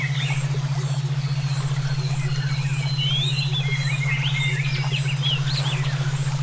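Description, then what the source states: Songbirds singing: quick whistled slurs and chirps tumbling together in a chorus, with a constant low hum and light background hiss. Brainwave therapy track made for songbird song training (omkicau).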